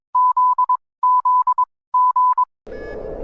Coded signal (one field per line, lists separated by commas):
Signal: Morse code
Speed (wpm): 22 wpm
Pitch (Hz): 1000 Hz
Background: none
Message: Z Z G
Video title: Rating EAS Alarms Part 4: Idk